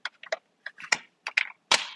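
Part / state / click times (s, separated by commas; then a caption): plastic cover piece onto a toy gel blaster body / not seated / none. A smooth plastic cover piece is slid back onto the body of an Oskeray AK74 toy gel ball blaster, producing a series of short, sharp plastic clacks and scraping rattles, with the loudest bursts near the end. The cover does not line up and nothing has seated or clicked yet, because it was not pushed down far enough under a lip.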